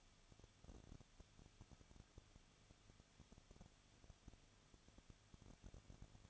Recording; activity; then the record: daily activity, microphone in the room; no activity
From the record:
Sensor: 4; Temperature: 23.1 degrees Celsius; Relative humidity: 34.0%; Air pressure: 1007.2 hPa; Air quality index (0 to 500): 215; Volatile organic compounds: 15 ppm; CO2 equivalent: 2483 ppm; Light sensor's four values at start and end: 2/3/1/1 and 2/3/1/1